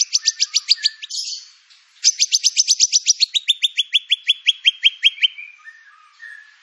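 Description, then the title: White-rumped shama song: two bursts of fast repeated sharp notes, the second dropping to a lower steady trill, with soft scratchy notes between. Lure song (pancingan) of white-rumped shama, full filler (isian) material used for training birds. "PANCINGAN MURAI BATU. MURAI BATU FULL MATERI ISIAN"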